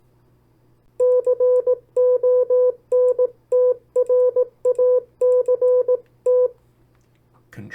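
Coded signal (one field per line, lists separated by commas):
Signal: Morse code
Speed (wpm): 18 wpm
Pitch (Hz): 500 Hz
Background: none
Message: CONTRACT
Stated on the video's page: Morse copy practice of opposite words sent at 18 WPM and 14 WPM.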